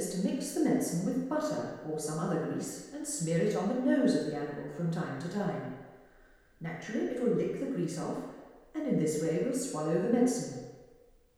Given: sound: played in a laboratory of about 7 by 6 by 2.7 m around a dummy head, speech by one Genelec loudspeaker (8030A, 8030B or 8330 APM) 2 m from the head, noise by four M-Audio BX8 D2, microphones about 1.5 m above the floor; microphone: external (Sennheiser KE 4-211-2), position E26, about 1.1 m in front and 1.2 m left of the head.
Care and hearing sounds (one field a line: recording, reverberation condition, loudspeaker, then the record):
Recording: female speech in English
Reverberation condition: high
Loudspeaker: in front (0 degrees)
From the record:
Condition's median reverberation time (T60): about 1300 ms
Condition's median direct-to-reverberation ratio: about -4.0 dB